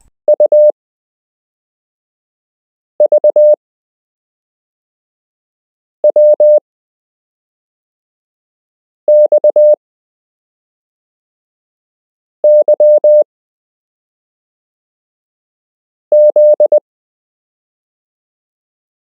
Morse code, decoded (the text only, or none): U V W X Y Z